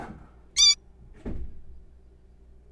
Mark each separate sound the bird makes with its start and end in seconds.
0.57-0.76